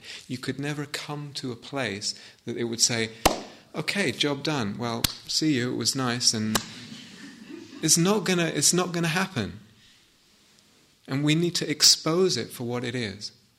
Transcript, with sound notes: You could never come to a place that it would say, "Okay, job done. Well, see you. It was nice." [laughter] It's not going to happen! And we need to expose it for what it is: